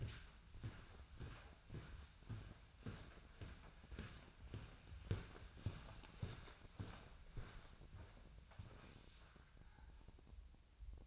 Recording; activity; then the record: daily activity, microphone in the room; walk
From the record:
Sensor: 2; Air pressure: 1009.2 hPa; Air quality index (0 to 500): 180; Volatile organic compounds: 2 ppm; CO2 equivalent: 1311 ppm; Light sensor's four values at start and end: 46/120/52/57 and 47/122/52/58